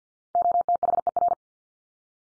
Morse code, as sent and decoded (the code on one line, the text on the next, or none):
--- - .... . .-.
OTHER